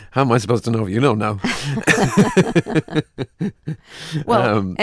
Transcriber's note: laughter